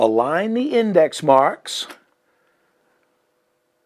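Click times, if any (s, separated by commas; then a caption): none. An interchangeable lens is held against the bayonet mount of a Nikon D90 DSLR camera body with its index mark lined up with the body's mark, not yet slid in or rotated to lock. Someone talks for about the first two seconds, then the clip falls nearly silent. Nothing has seated or clicked yet.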